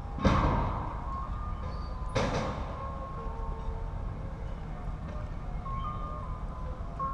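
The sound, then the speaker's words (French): A street vendor's truck plays a tinny, looping jingle of steady high notes over a low rumble of traffic, with two sharp bangs early on, like doors slamming. “Ah, un camion publicitaire.”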